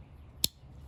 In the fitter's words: got a really nice satisfying snap, very close to Victorinox.